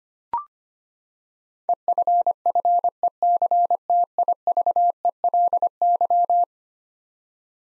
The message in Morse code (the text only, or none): EFFECTIVELY